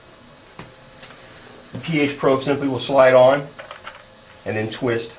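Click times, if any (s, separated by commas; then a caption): none. A pH probe connector is handled at its socket on the back of a HI84102 mini titrator for total acidity; it is slid on and then twisted clockwise to lock it. Someone talks throughout, with a few brief handling knocks around 0.6 s, 3.7 s and 3.9 s. Nothing has seated or clicked yet.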